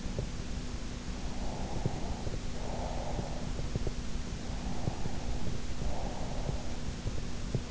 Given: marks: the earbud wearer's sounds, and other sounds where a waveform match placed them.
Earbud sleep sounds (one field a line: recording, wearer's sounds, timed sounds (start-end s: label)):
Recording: sounds in sleep by an in-ear microphone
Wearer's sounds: breath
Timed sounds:
1.38-3.43 s: breath
4.77-6.67 s: breath